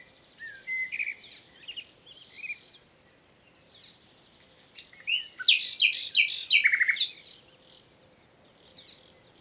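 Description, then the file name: Common nightingale singing in phrases: brief whistled notes, a lull, then a loud rich burst of rapid chattering and repeated notes. "Luscinia megarhynchos"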